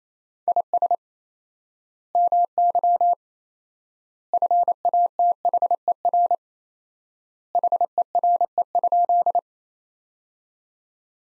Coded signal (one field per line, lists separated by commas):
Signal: Morse code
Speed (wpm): 28 wpm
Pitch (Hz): 700 Hz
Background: none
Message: IS MY FATHER HERE?